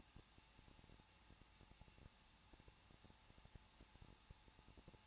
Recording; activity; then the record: daily activity, microphone in the room; no activity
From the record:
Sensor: 1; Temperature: 20.1 degrees Celsius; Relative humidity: 39.1%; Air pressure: 1006.3 hPa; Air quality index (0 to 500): 217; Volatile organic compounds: 75 ppm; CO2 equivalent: 3564 ppm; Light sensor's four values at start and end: 1/2/1/1 and 1/2/1/1